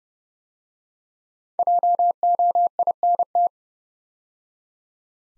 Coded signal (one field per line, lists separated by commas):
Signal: Morse code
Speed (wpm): 30 wpm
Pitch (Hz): 700 Hz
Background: none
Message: JOINT